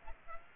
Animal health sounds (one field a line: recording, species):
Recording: mosquito wingbeat signal from an infrared sensor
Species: Aedes aegypti